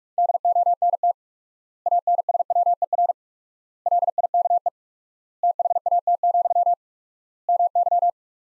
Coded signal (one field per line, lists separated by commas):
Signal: Morse code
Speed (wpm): 46 wpm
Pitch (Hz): 700 Hz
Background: none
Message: DONT ANSWER LIKE THAT, MY